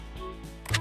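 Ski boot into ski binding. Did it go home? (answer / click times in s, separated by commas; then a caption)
yes / 0.7 s. A ski boot is lined up straight on the binding plate and pressed down hard until the ski binding closes. Over a low, steady background, a sharp click lands at 0.7 s, followed by a louder snap at 0.8 s. The boot is seated and the ski is fastened.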